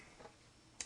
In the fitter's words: the drive which you want to install the rails on Snap them on